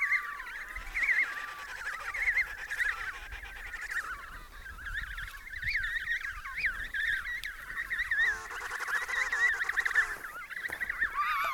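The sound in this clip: Penguin chorus of harsh, wavering, honking brays from many birds at once, continuing throughout.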